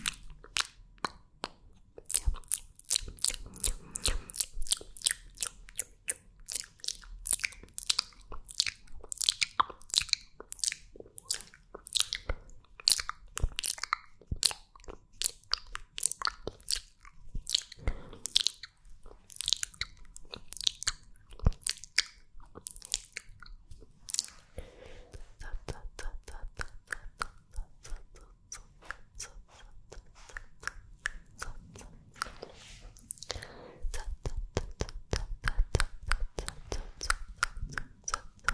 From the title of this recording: MOUTH SOUNDS and KISS SOUNDS